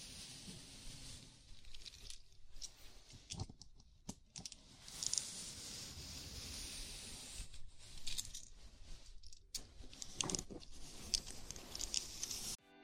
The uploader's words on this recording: ASMR Sleepy Scalp Massage (No Talking).